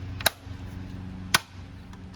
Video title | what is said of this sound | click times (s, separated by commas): How To Install Wheel skins on your Honda $120 what a big difference | okay so you probably heard those snaps and what I'm going to do is just reach my hand around here | 0.3 s, 1.3 s